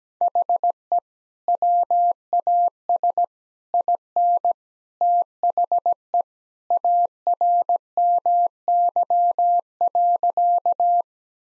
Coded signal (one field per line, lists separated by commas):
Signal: Morse code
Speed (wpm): 17 wpm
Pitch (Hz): 700 Hz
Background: none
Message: HE WAS IN THE ARMY.